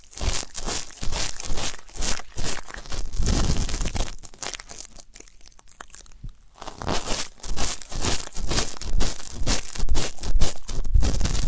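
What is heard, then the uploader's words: Ear canal cleaning sounds: rapid crackling, scratching and rubbing that fill the range from low to bright, coming in quick bursts. Around four to six and a half seconds it thins to a quieter stretch with sparse scrapes, then the dense crackling returns. ASMR Deep Ear Canal & Eardrum Cleaning (No Talking).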